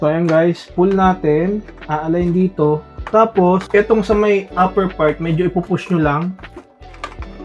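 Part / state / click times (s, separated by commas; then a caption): motorcycle helmet visor into helmet side pivot/locking mount / seated / 7.0 s. A replacement visor for a Spyder Arrow 2 motorcycle helmet is pulled, aligned on the helmet's side pivot locking mount, and pushed in at its upper part while someone talks over background music. A sharp click at 7.0 s marks the visor seating into the side mount, leaving it secured.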